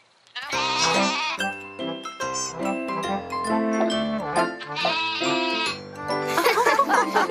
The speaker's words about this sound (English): It's a very sweet goat.